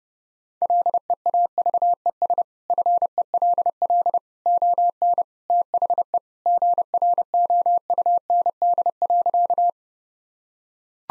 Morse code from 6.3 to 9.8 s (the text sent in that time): GROUND.